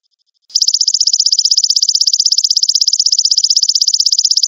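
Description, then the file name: Grasshopper call: a sharp start after half a second of quiet, then an unbroken high, rasping trill of fast regular pulses running to the end. "suara belalang emas"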